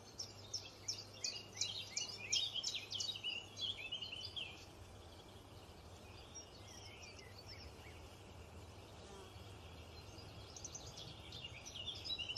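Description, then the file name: White-headed buffalo weaver song: a rapid run of high, squeaky chirps and twitters for about four seconds, then quieter scattered notes over a steady low hum. "canto do tecelao de cabeca branca"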